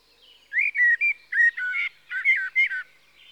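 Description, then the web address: Common blackbird song: a rich phrase of fluted, warbling whistles in quick notes, falling and rising, with faint birdsong behind. "The BBC Sound Effects Library. Blackbird (Turdus Merula)"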